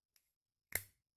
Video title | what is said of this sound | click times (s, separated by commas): Wismec Luxotic Surface y Kestrel RDTA - Luxotic Surface and Kestrel RDTA (Español) | hace clic y ya sabéis que no hace falta que estéis mirando si lo pongo o no al | 0.8 s